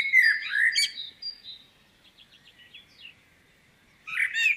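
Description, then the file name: Common blackbird giving a mellow fluted warble tipped with a shrill twitter, followed by quieter high chirps of other birds, then a new phrase starting at the end. "Turdus merula"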